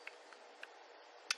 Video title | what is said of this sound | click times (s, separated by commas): Giveaway Winnings From GeekBuying TRONSMART Encore Spunky Buds Wireless Headphones 🎧🎤👌 | click right back into place when you go to put them away they put click | 1.3 s